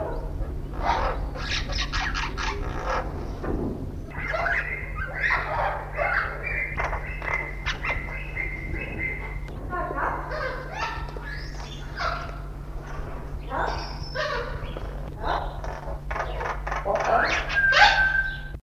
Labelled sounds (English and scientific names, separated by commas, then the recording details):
Golden-crested Myna (Ampeliceps coronatus) call
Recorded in captivity
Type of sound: call
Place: Wilhelma Stuttgart, Baden-Württemberg, DE
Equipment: Halbspur, 9,5 cm/s
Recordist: Lütgens, Hans
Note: Rufe